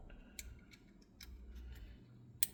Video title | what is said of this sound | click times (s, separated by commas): Samsung Range Switch Replacement | You can hear the click when the plug goes in. | 2.4 s